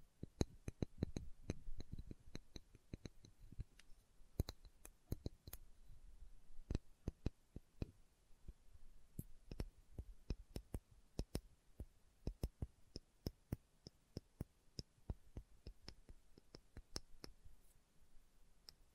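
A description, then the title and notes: Slow tapping, sharp dry clicks arriving irregularly, sometimes in quick pairs or short clusters and sometimes with brief pauses between. Some taps land with a duller, lower thud while others are crisp and bright. A faint steady hiss sits underneath throughout. ASMR Slow Tapping for Deep Sleep (No Talking).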